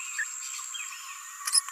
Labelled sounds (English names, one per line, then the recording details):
Green-rumped Parrotlet babbling
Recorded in a nest box in Venezuela
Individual 18B17A4